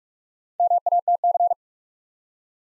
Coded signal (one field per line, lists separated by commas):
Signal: Morse code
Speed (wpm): 44 wpm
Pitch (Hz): 700 Hz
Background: none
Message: MATC